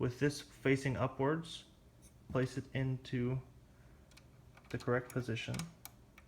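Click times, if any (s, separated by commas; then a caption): none. Someone talks while a threaded bobbin case is placed, facing upwards, into its shuttle/hook holder under the needle plate of a Kenmore Model No. 148-15600 sewing machine. Between the words come a few faint handling taps. The clip ends before the case goes home, so nothing has seated or clicked yet.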